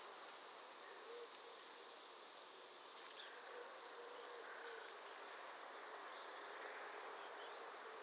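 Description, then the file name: Tree pipit giving faint, high-pitched, brief notes, strung in loose groups with irregular pauses, over a constant hiss. "Prispolone"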